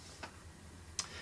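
On a Pro-Ject X2 turntable, the small clip on the tonearm rest is found by feel and flipped open. A faint tick at 0.2 s is followed by a sharp click at 1.0 s over a low steady hum. The clip releases and frees the tonearm so it can be balanced.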